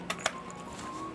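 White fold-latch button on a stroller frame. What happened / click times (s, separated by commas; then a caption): The latch button clicked and released / 0.1 s, 0.3 s. The white fold-latch button on the frame of a Stokke Scoot Luxury stroller in Aqua Blue is pressed, giving two short, sharp clicks at 0.1 s and 0.3 s. The latch releases, freeing the frame so the stroller can be stood up.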